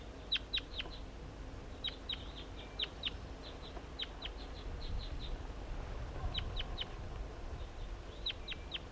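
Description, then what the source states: Crossbill calls: brisk, repeated kip notes in quick clusters of several, recurring throughout with pauses, over low rumbling background noise. A wild bird.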